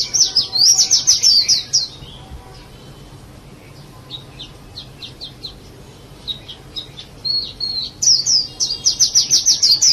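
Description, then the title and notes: Bird song: a fast burst of high chirps, scattered softer notes, then another rapid burst near the end; faint hum in the background. "Bird Sound. Kicau Burung Lengkap"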